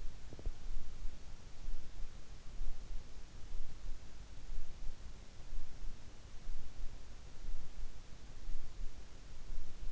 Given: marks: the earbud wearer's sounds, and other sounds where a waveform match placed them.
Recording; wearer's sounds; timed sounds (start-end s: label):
sounds in sleep by an in-ear microphone; teeth grinding
0.00-1.00 s: teeth grinding